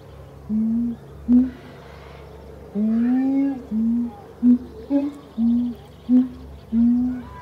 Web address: sound Siamang